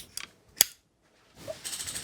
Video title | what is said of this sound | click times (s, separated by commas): Cool Shoes, Fashion Tricks & Style Secrets for Kids! 👟 Maddie's Do You Know | Can you hear that clicking sound? That means the runner has fixed onto the spring. | 0.6 s